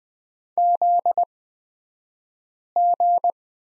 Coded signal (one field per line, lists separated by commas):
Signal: Morse code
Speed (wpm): 20 wpm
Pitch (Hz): 700 Hz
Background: none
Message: ZG